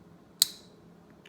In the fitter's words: so that's that detent ball seating itself into the detent